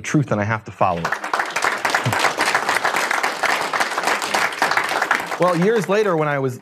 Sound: applause